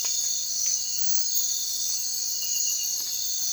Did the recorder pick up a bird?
no